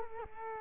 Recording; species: mosquito wingbeat signal from an infrared sensor; Culex quinquefasciatus